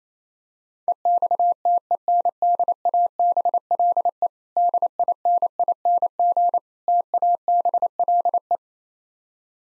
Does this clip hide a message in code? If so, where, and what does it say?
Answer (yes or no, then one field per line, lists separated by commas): yes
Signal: Morse code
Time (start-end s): 0.9-8.6 s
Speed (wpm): 27 wpm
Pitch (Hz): 700 Hz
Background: none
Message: EXTENDABLE DINING TABLE